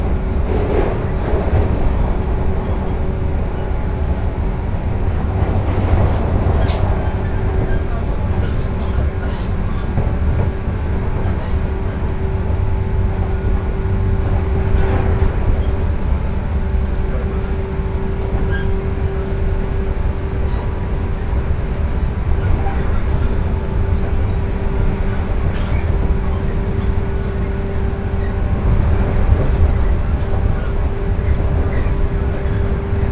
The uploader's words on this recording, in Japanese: 耳で楽しむ鉄道旅 山陽本線 倉敷→福山。この車両は播州赤穂発福山行きで昨日朝に乗った車両と同じでした。115系らしいモーターの唸りを響かせながら福山に着きます。